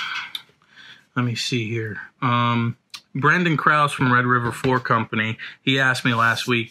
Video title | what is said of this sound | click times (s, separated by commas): AMERICAN SANDERS FLOORCRAFTER MAINTENANCE | it'll click into place | 0.4 s